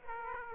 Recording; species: mosquito wingbeat signal from an infrared sensor; Aedes aegypti